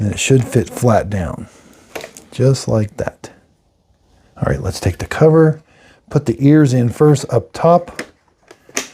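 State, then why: Seated. Someone talks while the plastic main brush guard cover of a Dreame L20 Ultra robot vacuum is hooked in by its tabs at the top and rotated down onto the underside. After a couple of faint ticks, a sharp click at 8.8 s marks the cover snapping shut and seated in place.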